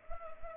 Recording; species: mosquito wingbeat signal from an infrared sensor; Culex pipiens